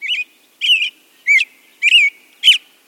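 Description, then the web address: American robin caroling five warbled phrases, evenly spaced a little over half a second apart, against silence. Male singing clear, liquid tones from a high perch in the evening after sunset, the last singer of the day; faster, more elaborate versions of daytime songs. "Birdnote. Evening s-Last-Singer"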